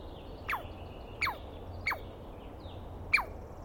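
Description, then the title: Douglas squirrel giving four separate sharp, downward-sweeping calls at irregular gaps, over quiet background hiss. Dawn recording, early morning, 21 April 2017, East Cascades; single squirrel calling at length and screaming; recordist not fully certain of identification, judged by sound. "Interview With The Chipmunk"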